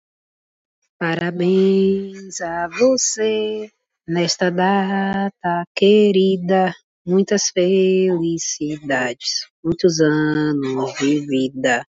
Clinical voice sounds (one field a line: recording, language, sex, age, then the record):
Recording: short text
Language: Brazilian Portuguese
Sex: female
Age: 30 to 39 years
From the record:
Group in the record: control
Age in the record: 32 years